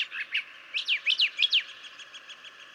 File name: Brown Thrasher